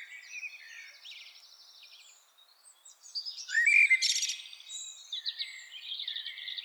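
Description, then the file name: Common blackbird song: quiet twittering at first, then a strong mellow whistle followed by a rush of high scratchy notes and softer warbles. "Turdus merula"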